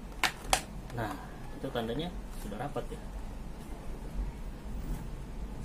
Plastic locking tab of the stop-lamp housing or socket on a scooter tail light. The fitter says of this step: bunyi klik klik